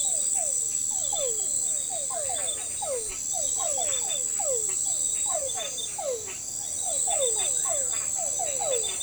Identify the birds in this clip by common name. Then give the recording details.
none. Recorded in forest near Pivijay, Magdalena, Colombia, on 17 April 2023 at 01:00. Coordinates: 10.467, -74.380. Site Z5-G034